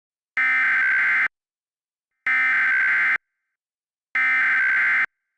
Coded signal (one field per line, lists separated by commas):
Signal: Emergency Alert System (SAME) tones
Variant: header bursts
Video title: VALID TONES "The Flood" an EAS Reenactment Scenario